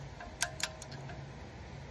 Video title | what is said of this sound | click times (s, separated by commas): How to change the oil on a 2019 Kia Sedona | wait till we hear the click there it | 0.4 s, 0.6 s